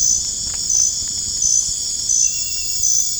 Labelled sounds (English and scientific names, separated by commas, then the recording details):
none
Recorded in dense forest near Puerto Asís, Putumayo, Colombia, on 25 June 2025 at 01:30
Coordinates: 0.481, -76.323
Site G072